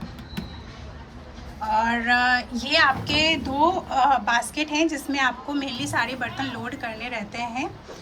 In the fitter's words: तो यह लॉक हो जाता है।